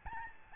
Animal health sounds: mosquito wingbeat signal from an infrared sensor; Aedes albopictus

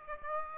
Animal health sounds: mosquito wingbeat signal from an infrared sensor; Aedes aegypti

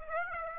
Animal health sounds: mosquito wingbeat signal from an infrared sensor; Aedes aegypti

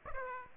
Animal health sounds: mosquito wingbeat signal from an infrared sensor; Aedes aegypti

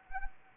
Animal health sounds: mosquito wingbeat signal from an infrared sensor; Anopheles gambiae

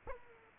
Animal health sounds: mosquito wingbeat signal from an infrared sensor; Aedes aegypti

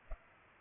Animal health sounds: mosquito wingbeat signal from an infrared sensor; Culex pipiens

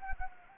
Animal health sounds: mosquito wingbeat signal from an infrared sensor; Anopheles gambiae

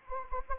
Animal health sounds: mosquito wingbeat signal from an infrared sensor; Anopheles arabiensis

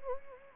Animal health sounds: mosquito wingbeat signal from an infrared sensor; Anopheles gambiae

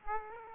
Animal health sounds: mosquito wingbeat signal from an infrared sensor; Aedes aegypti

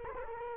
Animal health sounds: mosquito wingbeat signal from an infrared sensor; Culex quinquefasciatus

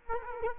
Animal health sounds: mosquito wingbeat signal from an infrared sensor; Culex quinquefasciatus

